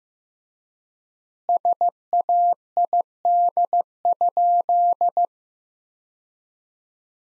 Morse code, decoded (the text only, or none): SAID?